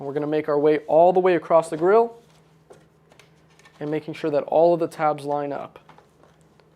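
Someone talks while plastic upper grille tabs are lined up and pressed into a face-down front bumper fascia, with a few faint, brief handling ticks in the pauses between speech. The grille is still being handled and nothing has seated or clicked yet.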